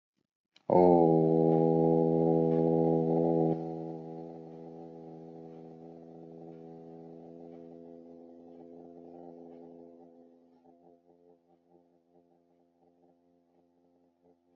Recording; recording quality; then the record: sustained vowel as in boot; excellent, no background noise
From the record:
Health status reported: healthy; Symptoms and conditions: none ticked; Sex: male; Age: 29 years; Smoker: not ticked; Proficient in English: yes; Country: India